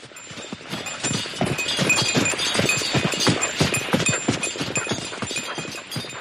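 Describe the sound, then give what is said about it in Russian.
Horses' hooves clip-clop steadily along a winter road in a quick, continuous rhythm of sharp knocks, with a faint high ringing like small bells over the hoofbeats and no talking. Fresh horses have just been changed at a station. “Лошадей сменили и опять в путь.”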